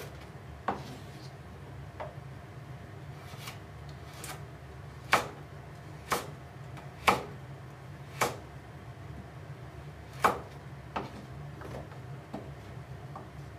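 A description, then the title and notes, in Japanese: Cooking sounds: sharp, short knocks and taps, like utensils or a knife striking a board, land at uneven intervals about once a second, with the loudest hits near the middle and around ten seconds. A steady low hum runs underneath throughout. 料理の音。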